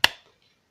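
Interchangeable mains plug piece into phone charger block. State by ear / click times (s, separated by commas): seated / 0.0 s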